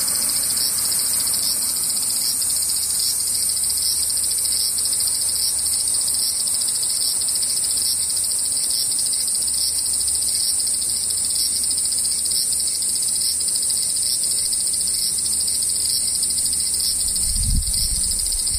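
Cicadas drone without pause, a dense, bright, shimmering buzz in several high bands that holds level for the whole clip. Underneath runs a faint low rumble, and near the end, around seventeen seconds, a brief low thump breaks in.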